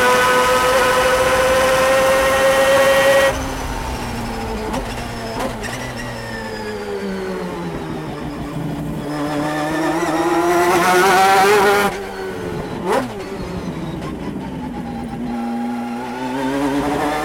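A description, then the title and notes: A rotary race car heard from inside the cockpit, engine loud and close throughout. It screams at high revs for the first three seconds, then drops as the driver lifts, with quick blips and downshifts around five, eight, twelve and thirteen seconds before pulling again. 1991 Mazda RX-7 GTO In-Car Audio, Long Beach. 600hp 4-rotor 1991 Mazda RX-7 GTO around the streets of Long Beach during a session for vintage cars held during the 2019 Acura Grand Prix.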